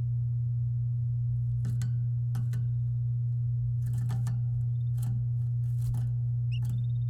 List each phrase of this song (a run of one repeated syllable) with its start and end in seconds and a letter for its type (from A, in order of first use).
6.55-6.55 A